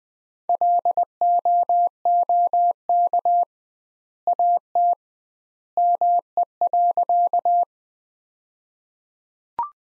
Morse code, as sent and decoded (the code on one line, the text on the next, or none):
.-.. --- --- -.- / .- - / -- . .-.-.-
LOOK AT ME.